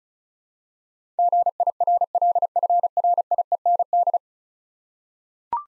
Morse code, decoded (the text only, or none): GIRLFRIEND